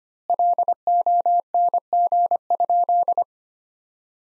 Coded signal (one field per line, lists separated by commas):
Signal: Morse code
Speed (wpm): 25 wpm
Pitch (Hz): 700 Hz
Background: none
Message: LONG?